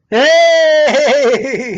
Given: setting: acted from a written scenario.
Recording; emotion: vocal sound without words; elation